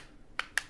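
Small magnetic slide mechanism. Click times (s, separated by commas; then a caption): 0.4 s, 0.6 s. The sliding display half of a Xiaomi Mi Mix 3 phone is slid open and shut by hand in its magnetic slider frame, and its plastic and metal halves are pulled together by magnets. Over a quiet background, two short, sharp clicks sound at 0.4 s and 0.6 s as the slider snaps into place and seats firmly.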